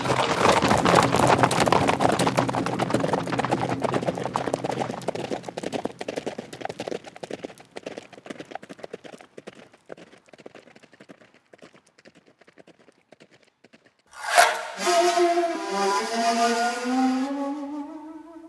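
Horses gallop with a dense, rapid clatter of hooves that slowly thins and fades, then a sudden loud, harmonic cry rings out over the last few seconds.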